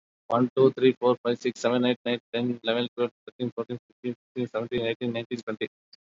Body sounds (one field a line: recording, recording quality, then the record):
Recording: counting at a fast pace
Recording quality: moderate, slight background noise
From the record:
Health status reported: COVID-19 positive, mild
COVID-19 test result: positive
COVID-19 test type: RT-PCR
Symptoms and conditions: fatigue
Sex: male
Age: 34 years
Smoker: no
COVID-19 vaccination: both doses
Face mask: worn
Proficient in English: yes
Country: India